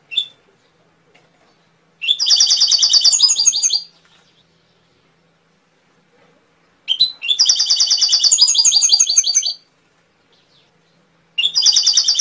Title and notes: PANCINGAN SUARA MASTERAN KENARI. masteran kicau kenari